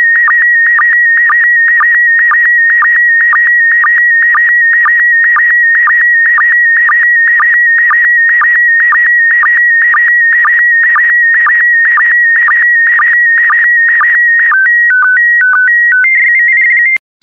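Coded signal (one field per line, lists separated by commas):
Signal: SSTV (slow-scan television)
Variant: PD120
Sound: steady whistling tone with regular short lower blips, ending in quick stepped tone bursts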